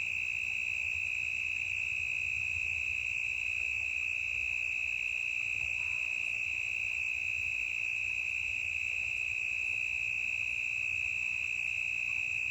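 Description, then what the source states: Cricket giving a continuous high, buzzing trill that never pauses and keeps an even pitch and loudness. Intense cricket chirping in a forest, stereo recording.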